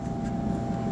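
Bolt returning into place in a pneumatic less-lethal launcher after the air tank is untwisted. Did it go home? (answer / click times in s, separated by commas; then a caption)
no / none. The air tank on a Pepperball pneumatic less-lethal launcher is being untwisted to release the pressure, producing a steady low hum and faint hiss with no sharp transients. The bolt has not yet snapped back into its rest position, and nothing has clicked into place yet.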